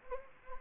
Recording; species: mosquito wingbeat signal from an infrared sensor; Anopheles gambiae